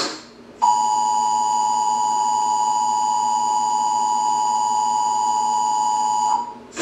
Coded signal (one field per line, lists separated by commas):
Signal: Emergency Alert System (SAME) tones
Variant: 853 and 960 Hz attention tone